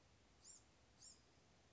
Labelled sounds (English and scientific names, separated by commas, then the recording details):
Blue-gray Gnatcatcher (Polioptila caerulea)
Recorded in Sonoma County, California